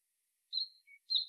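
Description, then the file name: European robin giving three separate high notes: a thin whistle, a short lower pure tone, then a fuller high note, with short gaps between them. "Erithacus rubecula"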